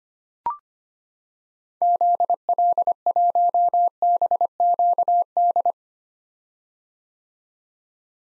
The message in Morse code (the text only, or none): ZL1BQD